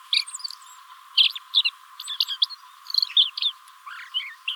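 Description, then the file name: Common blackbird calls: clusters of sharp, high chirps and squeaks in quick groups, pausing briefly between bursts. "Turdus merula"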